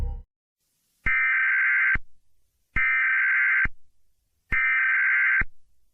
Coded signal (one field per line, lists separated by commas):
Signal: Emergency Alert System (SAME) tones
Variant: header bursts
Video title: EAS Scenario/Mock #10 - Demon’s Fury